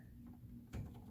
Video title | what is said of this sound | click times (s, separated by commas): HOW TO ASSEMBLE THE FROZEN 2 ULTIMATE ARENDELLE CASTLE - EASY STEP BY STEP VIDEO | should look exactly the same so 15 L is going to slip right into the middle here and snap | 0.7 s